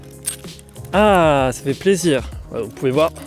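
A rigid plastic MavMount iPad tablet mount is slid onto a DJI Mavic Mini drone remote controller, which is the same as the Mavic 2 remote. It seats with a click at 0.3 s as it engages the side hooks, with a few smaller taps around it. Music plays in the background while someone talks, and the mount ends up fitted snugly.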